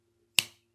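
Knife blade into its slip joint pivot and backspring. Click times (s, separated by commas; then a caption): 0.4 s. The blade of an oiled slip joint pocket knife is worked once more and snaps crisply into position against its backspring. One sharp, bright snap at 0.4 s rings briefly, then fades into quiet. The blade is properly seated, and the crisp snap shows the joint is well oiled, not stiff.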